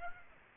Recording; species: mosquito wingbeat signal from an infrared sensor; Aedes aegypti